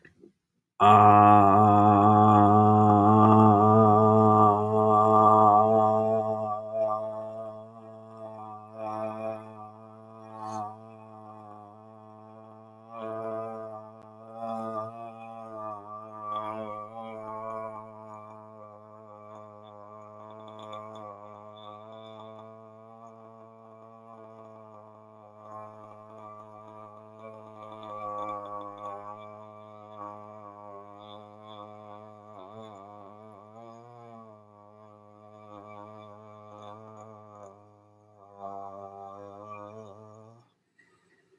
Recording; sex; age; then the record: vowel held as long as possible; male; 20 to 29 years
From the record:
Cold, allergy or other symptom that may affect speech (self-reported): no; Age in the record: 27 years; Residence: Iowa, United States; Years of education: 16